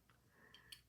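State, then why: Seated. The right ring piece of a Riddler Batman-themed puzzle box from McFarlane Toys is slid through its slot to complete the boomerang. A soft tick comes at 0.5 seconds, then a sharper click at 0.7 seconds. The ring is seated, and the full-length boomerang is complete.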